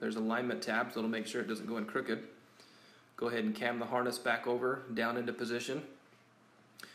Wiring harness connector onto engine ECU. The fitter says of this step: will click and lock into place and then just slide the red retaining tab back down